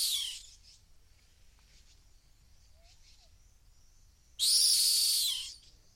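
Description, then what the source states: Rock hyrax call: a loud, harsh, rasping shriek lasting just over a second near the end, with the tail of another call at the very start. Calling from the edge of a gorge in the Masai Mara.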